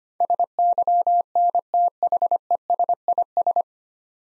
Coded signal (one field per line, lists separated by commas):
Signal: Morse code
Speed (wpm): 25 wpm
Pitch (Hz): 700 Hz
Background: none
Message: SYNTHESIS